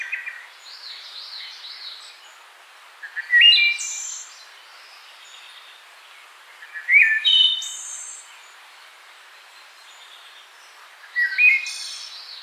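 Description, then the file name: Wood thrush repeating flutey song phrases about every four seconds, each rising into a high, silvery trill. "Hylocichla mustelina - Wood Thrush"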